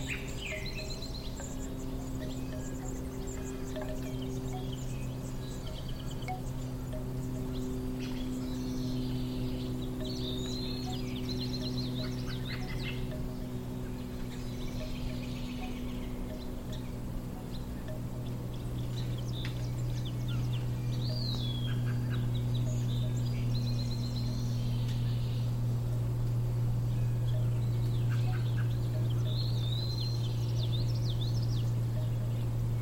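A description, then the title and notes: Bamboo chimes clack in loose, scattered bursts while small birds, hummingbirds among them, give short high chirps every few seconds. Underneath runs a steady low hum that stays even throughout, growing slightly louder after the midpoint. A Summer Day in the Midwest with Hummingbirds & Bamboo Chimes. The cheerful hum of hummingbirds flitting from flower to flower, their tiny wings creating a delicate melody. The bamboo chimes hanging on the porch sway gently in the breeze, producing a soothing, rhythmic tinkling that blends seamlessly with the natural orchestra.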